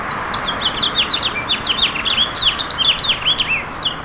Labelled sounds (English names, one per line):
House Finch song